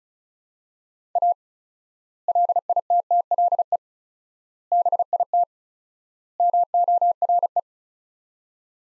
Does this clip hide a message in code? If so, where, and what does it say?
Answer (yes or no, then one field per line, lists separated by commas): yes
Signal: Morse code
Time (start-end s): 1.2-7.6 s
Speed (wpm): 36 wpm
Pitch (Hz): 700 Hz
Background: none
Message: A LITTLE BIT MORE